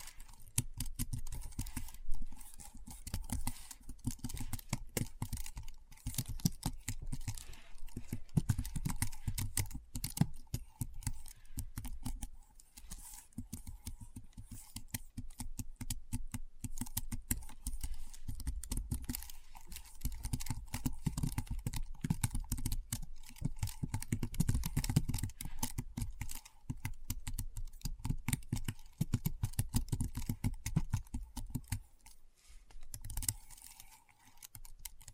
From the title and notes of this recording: ASMR Keyboard Sounds (No Talking).